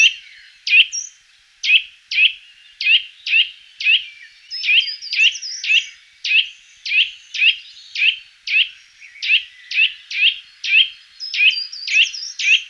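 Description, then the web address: Eurasian nuthatch: long, steady series of ringing whistled notes, with occasional faint high chirps behind. Recorded in 2004. "singvoegel. gesang. roche 2004 kleiber"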